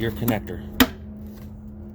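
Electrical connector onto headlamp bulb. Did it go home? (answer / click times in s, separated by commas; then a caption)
yes / 0.8 s. On a 2004 Ford Ranger, the electrical connector is pushed back onto the headlamp bulb so its plastic tang latches over the nub on the bulb, giving a single loud snap at 0.8 s. Someone talks briefly before it. The connector is seated.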